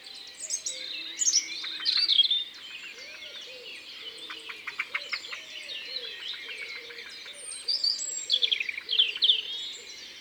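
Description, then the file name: European robin song, high thin warbled phrases with sharp trills and rapid ticking notes, alongside faint lower tones beneath. Recorded in Isère, France. "Rougegorge-familier-Concerts-naturels-de-l Isere-Studio-Les-Trois-Becs"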